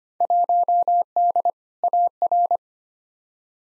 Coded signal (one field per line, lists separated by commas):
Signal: Morse code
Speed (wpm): 25 wpm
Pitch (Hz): 700 Hz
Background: none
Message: 1D AR